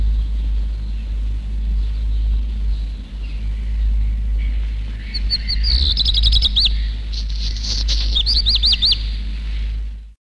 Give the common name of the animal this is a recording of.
Black Redstart